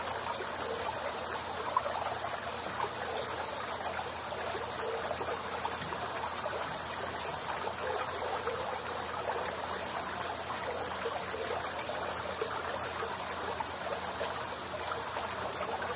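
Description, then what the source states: Cicadas give an even, sustained high whine for the whole stretch while a stream rushes and trickles steadily beneath. Cicadas heard together with a flowing stream.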